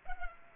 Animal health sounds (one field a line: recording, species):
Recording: mosquito wingbeat signal from an infrared sensor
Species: Culex pipiens